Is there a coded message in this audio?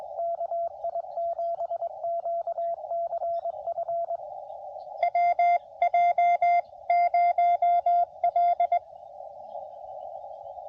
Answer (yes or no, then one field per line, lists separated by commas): yes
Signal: Morse code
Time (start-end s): 0.2-8.8 s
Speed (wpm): 22 wpm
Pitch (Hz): 680 Hz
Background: radio noise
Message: KI7QCF WJ0L